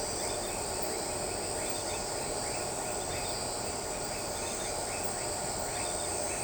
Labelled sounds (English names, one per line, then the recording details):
none
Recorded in shrubland near Pivijay, Magdalena, Colombia, on 15 April 2023 at 20:00
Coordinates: 10.453, -74.365
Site P5-G022